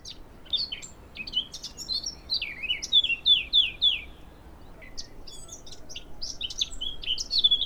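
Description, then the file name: Eurasian blackcap song, a fast, varied warble of twittering and squeaky notes with a louder run of slurred whistles in the middle, then more chatter. "Sylvia atricapilla"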